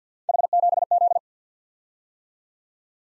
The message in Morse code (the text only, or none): H7Z